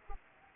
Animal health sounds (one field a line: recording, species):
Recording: mosquito wingbeat signal from an infrared sensor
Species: Anopheles arabiensis